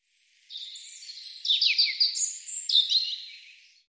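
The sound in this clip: European robin singing a rich warbling phrase of thin high whistles, trills and quick slurred notes, lasting about three seconds, with no other sounds.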